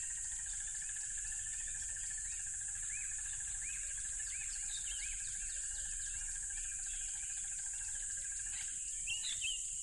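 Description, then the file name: Crickets in a dense, unbroken high chorus with a pulsed trill beneath that stops near the end, plus several short arched chirps. Loud crickets by a tropical river. "smartsound ATMO NATURE Tropical River Loud Crickets"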